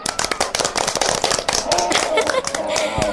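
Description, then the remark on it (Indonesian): A burst of children clapping their hands when their teacher asks for applause for everyone, many quick overlapping claps forming a loud, steady patter for about three seconds, with some voices mixed in. “Tepuk tangan untuk semuanya.”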